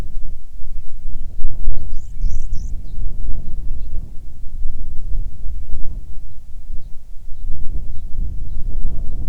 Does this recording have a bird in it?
yes